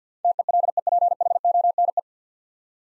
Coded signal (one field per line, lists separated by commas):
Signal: Morse code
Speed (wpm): 52 wpm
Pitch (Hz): 700 Hz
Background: none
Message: TELEPHONE